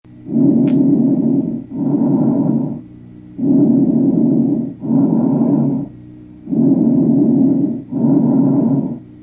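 Bronchial breath sounds heard through a stethoscope on an adult chest: loud, harsh, hollow blowing breaths. Inspiration and expiration are of similar length, with a brief gap between them and a longer pause before the next breath. The rate is about 20 breaths per minute.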